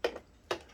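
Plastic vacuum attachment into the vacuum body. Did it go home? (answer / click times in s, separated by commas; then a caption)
yes / 0.0 s, 0.5 s. A plastic attachment on a Vacmaster Captura vacuum is lined up and pushed into the vacuum body during assembly. Two sharp plastic clicks sound at 0.0 s and 0.5 s, each with a short trailing rattle. The part lines up and clicks into place easily.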